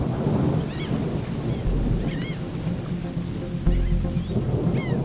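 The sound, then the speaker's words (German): Steady rain hisses throughout on a street at night, with two deep rumbling swells of thunder and a few high, quick chirping calls rising over the downpour. No one speaks. “Nachts im Regen, auf der Straße.”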